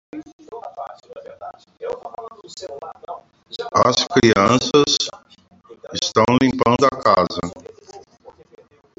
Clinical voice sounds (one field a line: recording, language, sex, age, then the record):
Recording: spoken sentence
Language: Brazilian Portuguese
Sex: male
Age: 50 to 59 years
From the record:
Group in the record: control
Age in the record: 52 years